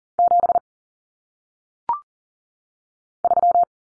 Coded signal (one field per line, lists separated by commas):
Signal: Morse code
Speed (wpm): 42 wpm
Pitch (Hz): 700 Hz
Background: none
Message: 7 3